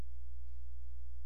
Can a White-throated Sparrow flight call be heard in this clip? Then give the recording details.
no. No flight call is heard. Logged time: 00:16 on 16 September 2014